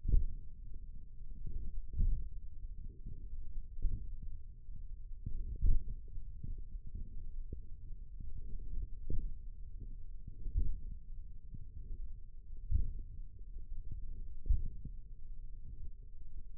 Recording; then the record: forearm muscle sounds (acoustic myography)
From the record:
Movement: index flexion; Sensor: system 1, eight BSWA MPA416 microphones around the upper forearm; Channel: 3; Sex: male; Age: 28 years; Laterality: right